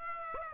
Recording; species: mosquito wingbeat signal from an infrared sensor; Aedes aegypti